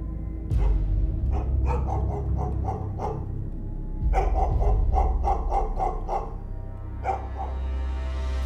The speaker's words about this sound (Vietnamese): Bà lụa chợt giật mình khi nghe thấy tiếng con chó bà nuôi. Nó đang trõ ra đâu đó sủa nhát gừng.